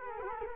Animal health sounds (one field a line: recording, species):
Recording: mosquito wingbeat signal from an infrared sensor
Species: Culex quinquefasciatus